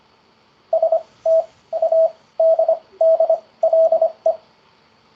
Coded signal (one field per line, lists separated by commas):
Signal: Morse code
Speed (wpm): 26 wpm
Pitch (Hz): 650 Hz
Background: none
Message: STADDLE